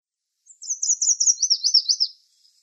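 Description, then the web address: Yellow warbler singing a bright, rapid phrase of high repeated notes that drop slightly in pitch toward a richer, sweeping finish, heard against silence. "Schulze Peter Yellow Warbler song"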